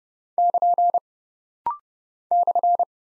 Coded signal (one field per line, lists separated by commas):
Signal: Morse code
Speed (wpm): 29 wpm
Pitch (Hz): 700 Hz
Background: none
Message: <KN> /